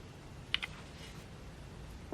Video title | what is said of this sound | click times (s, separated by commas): Super 7 Snake Mountain He-Man Masters Of The Universe Classics Playset Diorama Review & Comparison | it should simply snap into place | 0.5 s